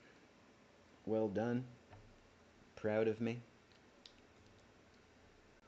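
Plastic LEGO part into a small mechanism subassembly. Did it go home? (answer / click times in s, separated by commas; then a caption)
yes / 4.1 s. A small plastic LEGO part is pressed into a small mechanism subassembly, and it snaps into place with one short click at 4.1 seconds. Someone talks before the click.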